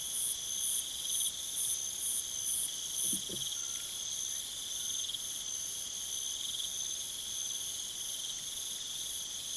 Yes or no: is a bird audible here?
no